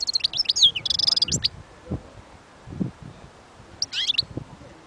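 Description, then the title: European goldfinch song: quick liquid twittering with buzzy notes in a burst over the first second and a half, a shorter burst near four seconds, with soft low thumps between. "اجمل غناءالحسون الخلويchant chardonneret sauvage"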